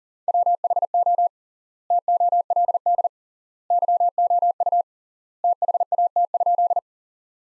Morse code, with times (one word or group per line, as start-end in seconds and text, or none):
0.3-1.3 WHO
1.9-3.1 TOLD
3.7-4.8 YOU
5.4-6.8 THAT?